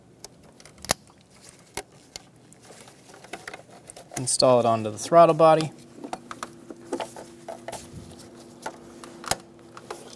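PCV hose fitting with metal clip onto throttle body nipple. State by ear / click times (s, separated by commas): seated / 9.3 s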